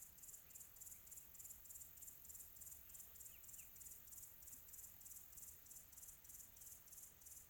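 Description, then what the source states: Cricket chirping in a fast, regular high-pitched pulse, roughly three beats a second, with two short faint chirps midway. Quiet tropical atmosphere.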